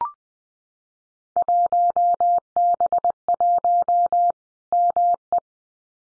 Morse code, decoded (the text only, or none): 1B1 ME